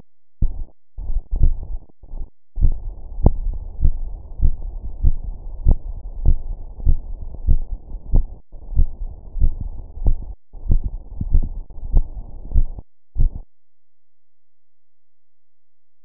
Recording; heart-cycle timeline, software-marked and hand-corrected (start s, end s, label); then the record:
heart sounds
0.00	2.60	noise
2.60	2.76	S1
2.76	2.84	systole
2.84	2.92	S2
2.92	3.22	diastole
3.22	3.36	S1
3.36	3.44	systole
3.44	3.56	S2
3.56	3.82	diastole
3.82	3.94	S1
3.94	4.00	systole
4.00	4.10	S2
4.10	4.42	diastole
4.42	4.54	S1
4.54	4.62	systole
4.62	4.72	S2
4.72	5.02	diastole
5.02	5.16	S1
5.16	5.24	systole
5.24	5.34	S2
5.34	5.64	diastole
5.64	5.78	S1
5.78	5.86	systole
5.86	5.94	S2
5.94	6.24	diastole
6.24	6.38	S1
6.38	6.46	systole
6.46	6.56	S2
6.56	6.84	diastole
6.84	6.98	S1
6.98	7.06	systole
7.06	7.16	S2
7.16	7.46	diastole
7.46	7.62	S1
7.62	7.70	systole
7.70	7.78	S2
7.78	8.12	diastole
8.12	8.24	S1
8.24	8.32	systole
8.32	8.40	S2
8.40	8.74	diastole
8.74	8.88	S1
8.88	8.98	systole
8.98	9.08	S2
9.08	9.38	diastole
9.38	9.52	S1
9.52	9.60	systole
9.60	9.70	S2
9.70	10.02	diastole
10.02	10.16	S1
10.16	10.24	systole
10.24	10.34	S2
10.34	10.68	diastole
10.68	10.82	S1
10.82	10.90	systole
10.90	11.00	S2
11.00	11.30	diastole
11.30	11.46	S1
11.46	11.52	systole
11.52	11.62	S2
11.62	11.92	diastole
11.92	12.04	S1
12.04	12.12	systole
12.12	12.22	S2
12.22	12.54	diastole
12.54	12.66	S1
12.66	16.05	noise
From the record:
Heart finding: coronary artery disease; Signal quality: good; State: rest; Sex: female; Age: 59 years